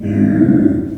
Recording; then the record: squeal of a Yucatan mini pig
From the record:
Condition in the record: after surgery on the right vocal fold (resection and tissue-engineered implant); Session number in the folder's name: 4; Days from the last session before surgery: 26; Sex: female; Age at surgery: 19 weeks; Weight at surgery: 25 kg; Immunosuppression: prednisolone